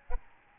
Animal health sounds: mosquito wingbeat signal from an infrared sensor; Aedes albopictus

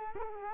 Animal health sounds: mosquito wingbeat signal from an infrared sensor; Culex quinquefasciatus

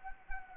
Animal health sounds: mosquito wingbeat signal from an infrared sensor; Anopheles arabiensis

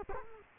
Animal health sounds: mosquito wingbeat signal from an infrared sensor; Culex quinquefasciatus

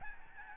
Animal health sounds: mosquito wingbeat signal from an infrared sensor; Aedes albopictus

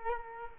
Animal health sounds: mosquito wingbeat signal from an infrared sensor; Culex quinquefasciatus

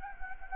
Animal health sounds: mosquito wingbeat signal from an infrared sensor; Anopheles gambiae

